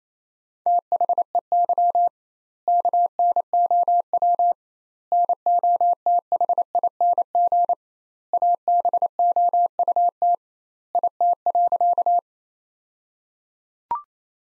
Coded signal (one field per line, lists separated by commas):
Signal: Morse code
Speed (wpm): 28 wpm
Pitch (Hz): 700 Hz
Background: none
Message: THEY KNOW NOTHING ABOUT IT.